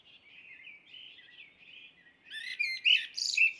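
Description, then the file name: Common blackbird song, a soft mellow fluted warble that breaks into a high, squeaky twittering flourish at the end. "Merel"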